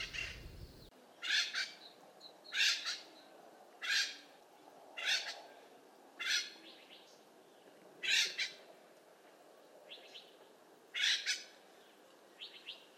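Bird giving harsh, raspy squawks repeated many times over a steady background hiss.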